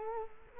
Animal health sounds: mosquito wingbeat signal from an infrared sensor; Culex quinquefasciatus

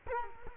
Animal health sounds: mosquito wingbeat signal from an infrared sensor; Culex quinquefasciatus

